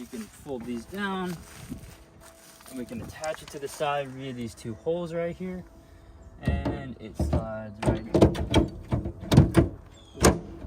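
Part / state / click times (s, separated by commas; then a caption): fold-down step into mounting holes on the van side / seated / 10.2 s. Someone talks while a fold-down step is attached to the side of an '86 Dodge Xplorer XtraVan through two holes, giving a place to step up. Its handling makes a series of sharp knocks and thunks from about 6.5 s onward as the step slides in. It locks in place with a distinct click at 10.3 s.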